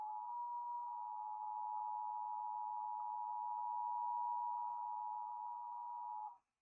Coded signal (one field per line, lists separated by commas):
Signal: Emergency Alert System (SAME) tones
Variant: 853 and 960 Hz attention tone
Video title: The world plunges into a deep silent night | An EAS Scenario reaction